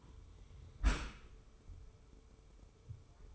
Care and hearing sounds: daily activity, microphone in the room; close dishwasher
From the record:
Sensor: 1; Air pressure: 1015.0 hPa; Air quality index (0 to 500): 24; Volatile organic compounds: 0 ppm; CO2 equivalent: 500 ppm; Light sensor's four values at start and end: 13/30/12/13 and 13/30/12/13

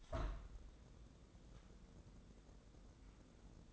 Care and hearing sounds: daily activity, microphone in the room; open window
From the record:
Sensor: 3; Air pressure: 1012.2 hPa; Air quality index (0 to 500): 96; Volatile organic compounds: 1 ppm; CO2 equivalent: 760 ppm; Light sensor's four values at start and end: 300/730/306/303 and 301/730/306/304

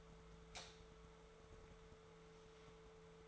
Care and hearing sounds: daily activity, microphone in the room; light on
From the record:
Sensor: 3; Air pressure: 1014.8 hPa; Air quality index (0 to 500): 194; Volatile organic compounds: 25 ppm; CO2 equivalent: 2841 ppm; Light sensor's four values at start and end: 27/68/29/30 and 37/96/41/43

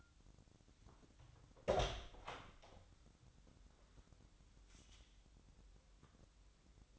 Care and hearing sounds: daily activity, microphone in the room; open door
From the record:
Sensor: 3

